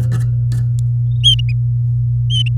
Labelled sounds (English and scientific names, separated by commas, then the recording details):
Domestic Canary (Serinus canaria) song
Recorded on 4 May 2018 at 10:19
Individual llb16